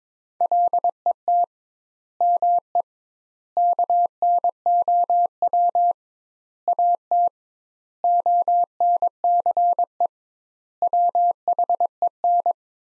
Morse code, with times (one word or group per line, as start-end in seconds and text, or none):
0.4-1.4 LET
2.2-2.8 ME
3.6-5.9 KNOW
6.7-7.3 AT
8.0-10.1 ONCE
10.8-12.5 WHEN